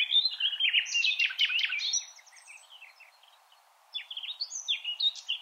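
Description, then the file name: Common nightingale delivering a loud jumble of fast whistled and chirping notes, a quieter gap, then more varied high phrases. "Luscinia megarhynchos"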